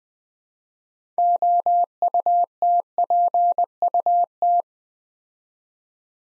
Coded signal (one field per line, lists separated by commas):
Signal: Morse code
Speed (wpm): 20 wpm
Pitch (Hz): 700 Hz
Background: none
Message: OUTPUT